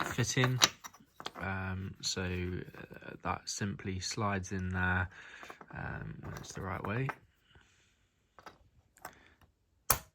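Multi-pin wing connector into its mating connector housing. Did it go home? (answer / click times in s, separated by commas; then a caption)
yes / 9.9 s. A multi-pin wing connector adapter is slid into its mating plastic connector housing while someone talks, until it clicks in place at 9.9 s, held by two strong side latches. A few faint taps are heard after the talking stops, then a sharp click at 9.9 s confirms the connector is seated.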